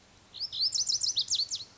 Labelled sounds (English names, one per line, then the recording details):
Lazuli Bunting
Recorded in Sonoma County, California